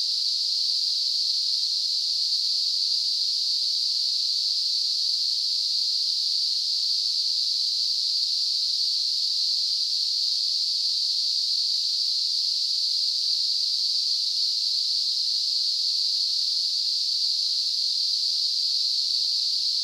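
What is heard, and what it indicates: A steady, high-pitched hiss, a narrow band of noise centred around 4 to 5 kHz, holds at constant loudness for about 20 seconds with no breaks or changes. It is a simulated tinnitus sound, imitating the persistent ringing or hissing heard in the ears.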